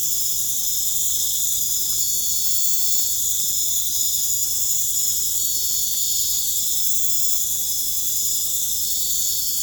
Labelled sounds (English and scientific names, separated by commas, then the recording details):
none
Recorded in pastures near Puerto Asís, Putumayo, Colombia, on 22 December 2024 at 23:30
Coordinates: 0.496, -76.326
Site G004